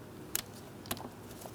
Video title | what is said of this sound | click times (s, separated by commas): How to Replace Right Side Valve Cover 2003-2007 Cadillac CTS 3.6L V6 | For this, we're going to line it up. Slide it in. Listen for a click. | 0.4 s